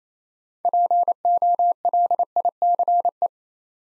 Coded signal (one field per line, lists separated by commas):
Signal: Morse code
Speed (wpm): 29 wpm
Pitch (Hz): 700 Hz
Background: none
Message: POLICE